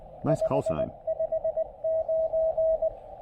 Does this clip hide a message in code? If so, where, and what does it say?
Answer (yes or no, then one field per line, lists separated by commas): yes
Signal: Morse code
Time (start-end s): 0.3-2.9 s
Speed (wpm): 17 wpm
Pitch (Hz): 620 Hz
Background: speech, radio noise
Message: 559